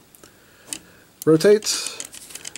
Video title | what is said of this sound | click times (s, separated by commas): Perfect Effect LEONIDAS (Lio Convoy) | flip the forearm section around make sure it clicks into place right there | 0.7 s